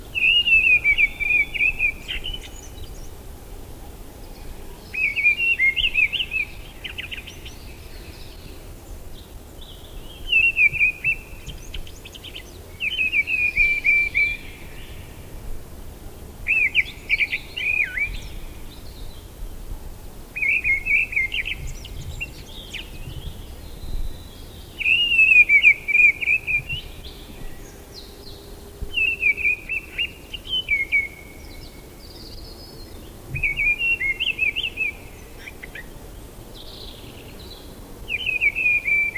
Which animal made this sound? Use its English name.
Mistle Thrush